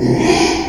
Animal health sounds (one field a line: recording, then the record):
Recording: squeal of a Yucatan mini pig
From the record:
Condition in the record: after surgery on the right vocal fold (resection and tissue-engineered implant)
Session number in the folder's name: 2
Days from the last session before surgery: 13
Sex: male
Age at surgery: 12 weeks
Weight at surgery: 13 kg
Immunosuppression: cyclosporine, prednisolone